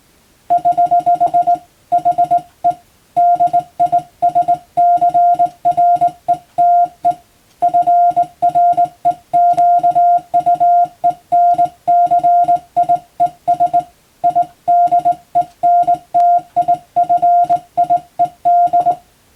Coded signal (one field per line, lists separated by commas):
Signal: Morse code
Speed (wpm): 20 wpm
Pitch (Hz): 700 Hz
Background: music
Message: <HH> HE DISCRETE FREQUENCIES IDENTIFIED